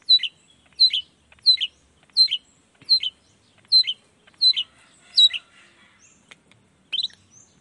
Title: Cendet Gacor Dor Di Kala Pagi Toet Toet Variasi Suara. Cendet Gacor Di Pagi Hari Rangsangan Emosi Cendet Malas Bunyi Supaya Secepatnya Ikutan Bunyi